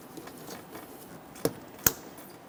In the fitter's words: I got a nice click from that we'll give it a tug lock it down